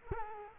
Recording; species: mosquito wingbeat signal from an infrared sensor; Culex quinquefasciatus